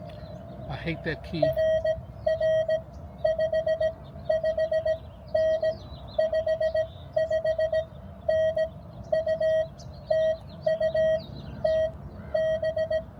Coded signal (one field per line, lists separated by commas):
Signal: Morse code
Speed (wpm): 16 wpm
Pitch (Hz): 640 Hz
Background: speech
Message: RR 55N 55N UT UTB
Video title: POTA 20220322 US 3548